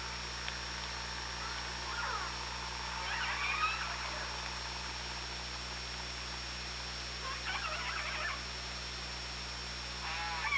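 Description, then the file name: Orca pulsed calls in several buzzy bursts stacked with harmonics, over steady underwater hiss and low hum. Hydrophone at OrcaLab, 24 August 2017, 18:03. "Orca Lab UTLN 20170824 180336"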